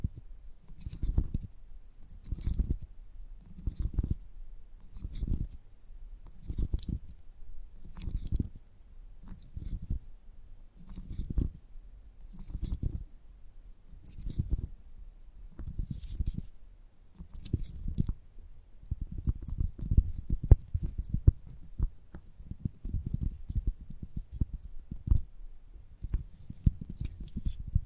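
Gentle tapping comes in short, regular bursts about once a second for the first eighteen seconds, each a cluster of soft low taps with a light crisp tick on top. After that the tapping runs together, denser and more uneven, with sharper clicks mixed in.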